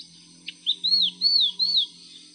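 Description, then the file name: Vinous-throated parrotbill calling: a short sharp note, then four high, thin arched whistles in quick succession, over a faint low hum. "粉紅鸚嘴"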